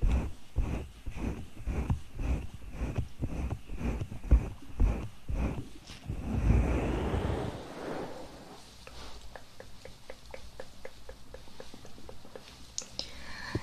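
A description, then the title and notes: Ear massage and mouth sounds: for the first six seconds a steady run of soft, thumping rubs repeats about twice a second. A louder rustling swell follows, then a quieter stretch of quick, crisp clicks and small wet taps, with a few brighter ticks near the end. Ear Massage & Mouth Sounds.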